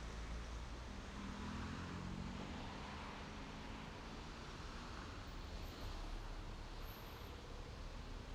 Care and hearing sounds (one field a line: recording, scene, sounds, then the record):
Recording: everyday scene through a hearing-aid microphone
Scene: in traffic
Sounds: traffic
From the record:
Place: main road on the outskirts, rush hour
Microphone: in the ear canal, left